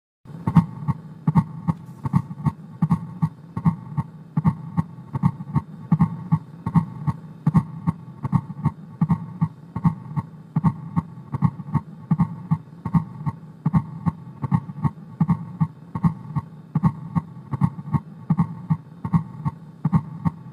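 S4 gallop: a fourth heart sound just before the first heart sound gives a gallop rhythm, heard as regular low-pitched beats from a heart sound simulator.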